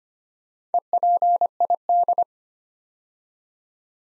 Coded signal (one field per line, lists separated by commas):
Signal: Morse code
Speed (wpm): 25 wpm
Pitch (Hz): 700 Hz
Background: none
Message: EPID